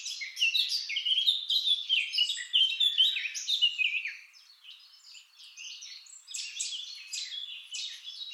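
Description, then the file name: Eurasian blackcap song in two bursts: a loud, hurried warble of mixed notes for four seconds, a softer pause, then another bright warbling run. "Sylvia atricapilla"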